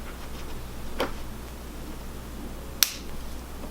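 A plastic standoff from the hardware bag is pressed into a mounting hole on a small single-board computer, on the side opposite the headers, and seats with a sharp, loud click at 2.8 s. A softer click is heard earlier at 1.0 s over a low, steady background hum.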